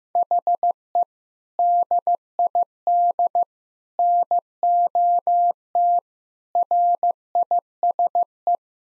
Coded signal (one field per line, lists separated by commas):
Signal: Morse code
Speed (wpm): 15 wpm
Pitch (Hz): 700 Hz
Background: none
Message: HE DID NOT RISE